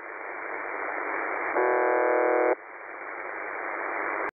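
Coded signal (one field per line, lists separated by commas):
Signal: numbers station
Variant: UVB-76 (The Buzzer)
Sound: radio hiss, then one harsh low buzz lasting about a second, then hiss again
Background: radio static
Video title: The Buzzer/UVB-76 Voice Message (December 3, 2020 11:04 UTC)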